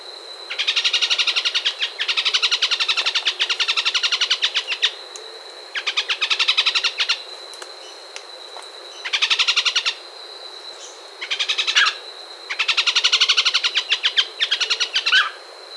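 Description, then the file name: Bird call bouts of fast rattling pulses in bursts a few seconds long, separated by pauses, over a continuous high thin whistle. "SABIOD 50 bird 2015"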